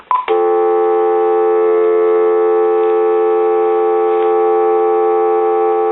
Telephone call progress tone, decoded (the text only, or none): dial tone